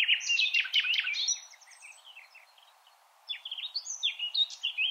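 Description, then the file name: Nightingale song: a dense burst of sharp chattering notes, a short pause, then a fresh phrase of quick whistled and buzzy notes. "Luscinia megarhynchos"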